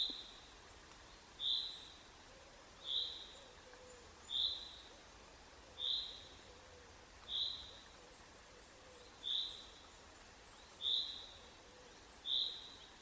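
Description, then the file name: Common chaffinch calls: short, clear single notes repeated steadily about every one and a half seconds, eight in all, over a soft, even background hiss. "Fringilla coelebs"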